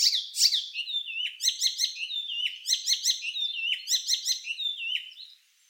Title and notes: Icterine warbler. Зелёная пересмешка by deepsweet